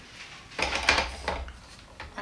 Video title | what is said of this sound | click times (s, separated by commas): SHARK Upright Vacuum Cleaner Powered Lift-Away with Anti Hair Wrap Technology - Unboxing and Review | until it clicks guys next | 0.9 s